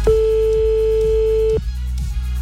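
A single steady, mid-pitched telephone ringback tone sounds loudly for about a second and a half, then cuts off, leaving a low background hum while waiting for an answer; a radio show is calling a listener in Gordes, Vaucluse, France, at 8:06 in the morning.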